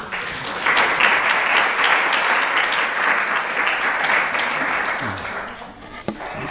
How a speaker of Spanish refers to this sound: Recibimos un fuerte aplauso.